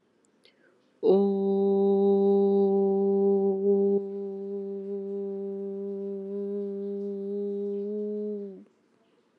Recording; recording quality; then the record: sustained vowel as in boot; excellent, no background noise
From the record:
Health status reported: healthy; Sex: female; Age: 43 years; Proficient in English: yes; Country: India